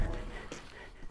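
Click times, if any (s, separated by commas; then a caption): none. The door of an old Chevrolet C10 Silverado pickup, parked for 23 years, is slung shut and bangs, with a short impact at about 0.5 s over low background noise. The latch has not caught and the door has not latched, because a part of the latch was never fitted.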